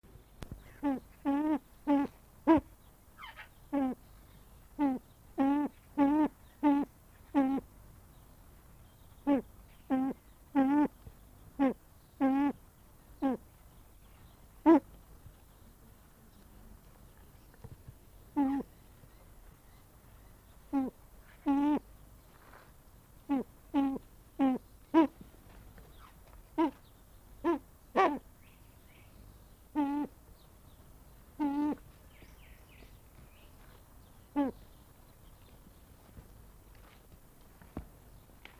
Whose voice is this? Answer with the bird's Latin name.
Crossoptilon mantchuricum